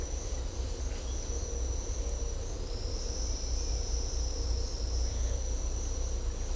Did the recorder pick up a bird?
no